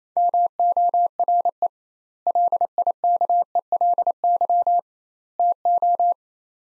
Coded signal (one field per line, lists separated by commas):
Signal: Morse code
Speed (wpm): 28 wpm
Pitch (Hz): 700 Hz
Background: none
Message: MORE LIKELY TO